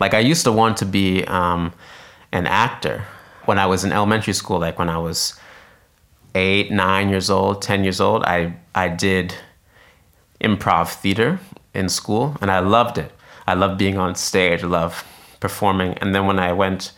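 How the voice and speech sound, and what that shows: Adult man who has stuttered since childhood, speaking with a word repetition, stretched sounds and silent pauses before words, consistent with stuttering blocks. Other members of his family also stutter.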